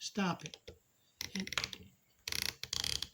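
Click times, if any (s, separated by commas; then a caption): 2.4 s, 2.5 s, 2.8 s, 3.0 s. A Brother stitch dial on a knitting machine carriage is rotated on its center post until it engages, after someone talks briefly. Sharp ratchet-like clicks come at 2.4, 2.5, 2.8, 2.8, 3.0 and 3.0 seconds as the dial clicks into place and is seated.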